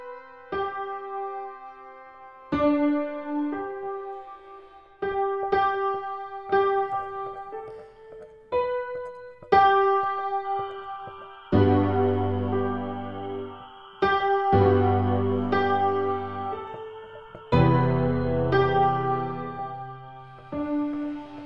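A computer-generated piano plays an old song in clear, struck chords that ring and fade, with deeper bass notes joining after twelve seconds.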